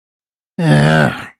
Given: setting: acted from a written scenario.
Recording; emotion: vocal sound without words; shame